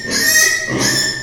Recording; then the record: squeal of a Yucatan mini pig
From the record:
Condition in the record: before surgery on the right vocal fold (resection and tissue-engineered implant); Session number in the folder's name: 2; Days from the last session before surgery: 0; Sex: male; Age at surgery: 12 weeks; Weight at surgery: 13 kg